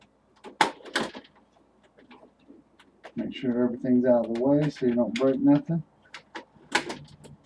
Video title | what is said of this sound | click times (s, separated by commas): COMPUTER REPAIR DELL DIMENSION 4400 | right here just like that you'll hear it click in | 0.6 s